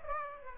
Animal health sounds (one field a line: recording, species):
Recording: mosquito wingbeat signal from an infrared sensor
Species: Aedes aegypti